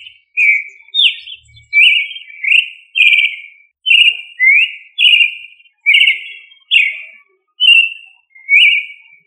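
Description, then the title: Thrush song of varied fluty whistles, rising and falling phrases delivered in an even run. "Familia Turdidae - Sabia"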